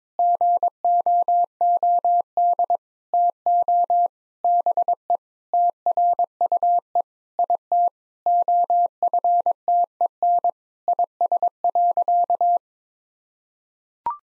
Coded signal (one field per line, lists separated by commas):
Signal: Morse code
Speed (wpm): 22 wpm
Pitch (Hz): 700 Hz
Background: none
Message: GOOD TO BE TRUE IT OFTEN IS.